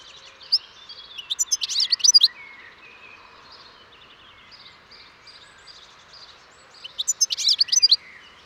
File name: Carduelis carduelis